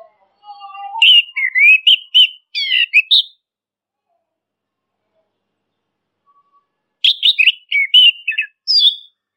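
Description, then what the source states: Orange-headed thrush singing two long phrases of varied, chattering and whistled notes with a low note at the start, silence between. Training (masteran) recording used to teach songbirds, labelled Anis Kembang, also called punglor kembang.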